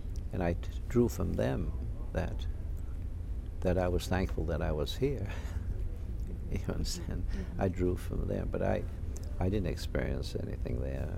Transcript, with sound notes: And I drew from them that, that I was thankful that I was here. ( he laughs ) You know what I'm saying? I drew from them. But I, I didn't experience anything there.